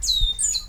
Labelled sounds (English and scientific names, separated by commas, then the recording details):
Stitchbird (Notiomystis cincta) song
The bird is a male
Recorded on Tiritiri Matangi Island, New Zealand, in 2005
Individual 19, of nest box 27